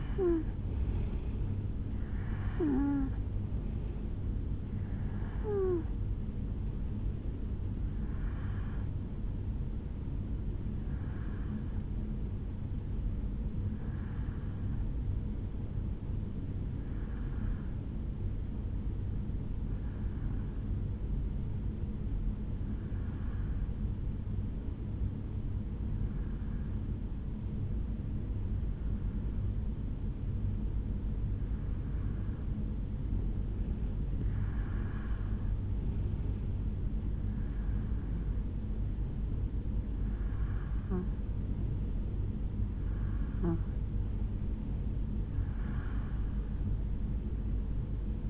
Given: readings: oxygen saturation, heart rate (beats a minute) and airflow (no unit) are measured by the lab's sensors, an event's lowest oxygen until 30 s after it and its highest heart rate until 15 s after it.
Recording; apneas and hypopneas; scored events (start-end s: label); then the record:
breathing in sleep by a smartphone at the bedside; 1
8.00-48.30 s: new sleep stage, N1 (lightest sleep)
15.00-43.70 s: hypopnea (N1, oxygen 94% highest, then 87% lowest, heart rate 61 at the start, 71 highest)
From the record:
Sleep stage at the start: N2 (light sleep); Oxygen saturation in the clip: 84 to 94%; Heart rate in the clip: 61 to 73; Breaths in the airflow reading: 17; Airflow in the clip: -5.2 to 3.4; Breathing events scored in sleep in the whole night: 449 in 7.0 hours asleep